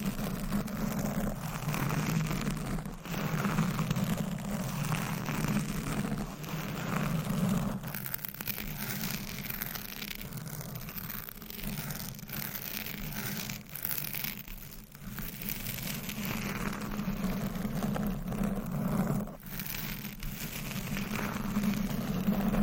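A microphone is scratched and rubbed in a dense, continuous rasp that hardly lets up over the whole stretch. A steady low hum runs underneath, and brief dropouts and sharp crackles break through now and then, around three, eight, fifteen and nineteen seconds.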